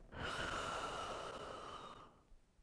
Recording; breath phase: one breath near a microphone; exhalation